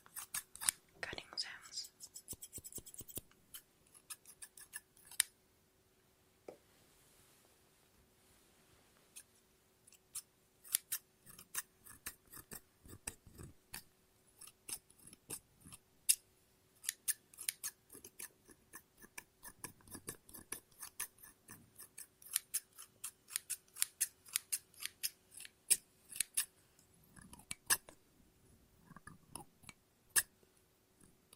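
Scissors snip and cut paper in bursts of sharp, bright clicks, dense at first, pausing around seven seconds, then resuming irregularly with a faint steady hum.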